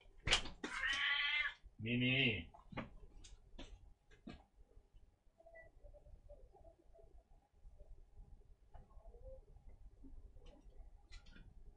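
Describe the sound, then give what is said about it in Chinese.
A pet cat named Mimi lets out two loud, drawn-out meows in quick succession, the second one rising and then falling in pitch, followed by a few faint clicks and taps over quiet background. “等先，搞搞只猫先。”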